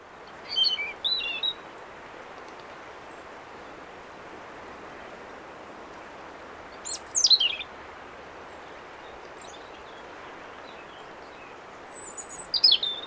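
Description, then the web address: European robin giving three short, high, thin song fragments spaced several seconds apart, separated by quiet stretches of steady hiss. "SETE data Erithacus rubecula"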